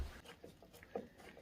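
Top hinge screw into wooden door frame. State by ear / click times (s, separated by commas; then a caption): stripped / none. The top wood screw of a door hinge is driven back into the wooden door frame, but it never tightens and just keeps spinning in its stripped hole. Low, uneven grinding and small taps are heard, with brief sharp sounds near 0.6, 0.8, 1.0 and 1.4 seconds. Nothing has seated or clicked yet; the screw is stripped.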